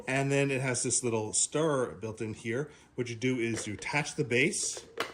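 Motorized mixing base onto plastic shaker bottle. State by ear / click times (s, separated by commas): not seated / none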